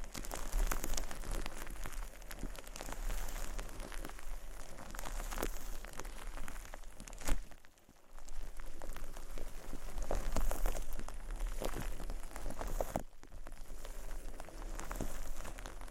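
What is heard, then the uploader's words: Shaving cream being played with makes a dense, steady crackle and fizz, bright and full of tiny pops. A sharp loud snap lands around seven seconds, followed by a brief lull, and another short break in the sound comes near thirteen seconds. Playing With Shaving Cream (Plastic Wrap, Brushing, Massage, Crinkles).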